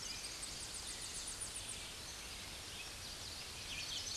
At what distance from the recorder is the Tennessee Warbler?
about 55 m